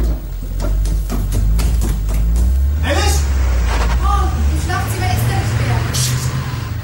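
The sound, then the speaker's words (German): Alice's car engine rumbles low and steady throughout, as if pulling away, while a man shouts loudly after it to come back over the motor noise. “Das ist das Auto von Alice.”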